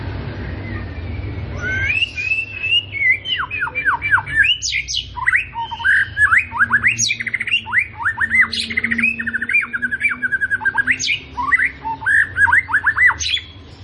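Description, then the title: White-rumped shama song: after a brief quiet start, long strings of fast varied whistles and chattering notes, rising and falling phrases repeated without pause. Morning song used as a lure to prompt captive white-rumped shamas into active singing; described as rich fill-in song ('isian mewah'). "PANCINGAN MURAI BATU. PAGI HARI! MURAI BATU GACOR"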